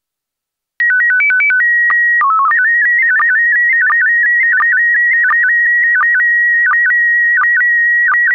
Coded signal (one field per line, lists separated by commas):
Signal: SSTV (slow-scan television)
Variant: PD 90